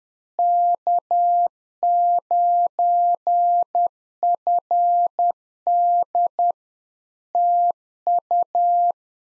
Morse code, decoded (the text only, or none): K9FD TU